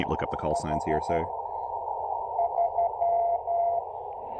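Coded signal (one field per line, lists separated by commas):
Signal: Morse code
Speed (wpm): 12 wpm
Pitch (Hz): 690 Hz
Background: speech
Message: H 3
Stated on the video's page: QRP Parks on the Air activation at New River State Park, morning CW CQ calls.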